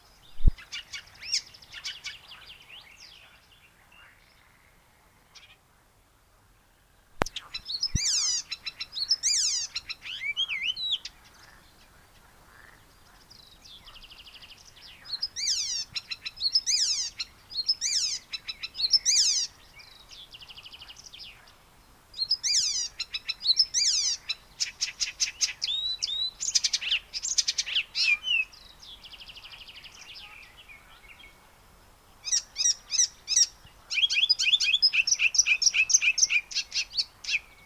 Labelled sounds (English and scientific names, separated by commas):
Icterine Warbler (Hippolais icterina) song